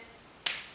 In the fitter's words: sure you get the snapping where you feel the snap pick on your head and that means it's left and and